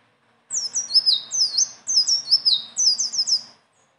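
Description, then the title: Leafbird pouring out quick, high whistled notes that swoop down in pitch, grouped in lively rolling bursts lasting about three seconds. Song described as gacor (singing constantly) and ngeroll (rolling delivery) with isian (filler phrases); notes call it masteran, a tutor song. "BURUNG SELENDANG BIRU GACOR NGEROLL ISIAN"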